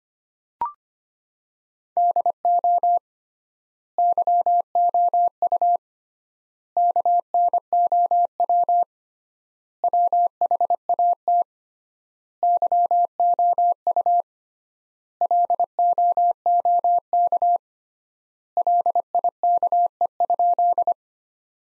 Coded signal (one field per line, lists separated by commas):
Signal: Morse code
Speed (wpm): 25 wpm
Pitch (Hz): 700 Hz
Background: none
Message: DO YOU KNOW WHAT YOU LOOK LIKE?